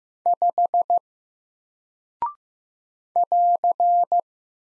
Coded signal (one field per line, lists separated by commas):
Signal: Morse code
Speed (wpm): 15 wpm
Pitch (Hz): 700 Hz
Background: none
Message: 5 <AR>